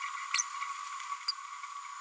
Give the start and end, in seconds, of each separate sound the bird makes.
0.34-0.39, 1.28-1.32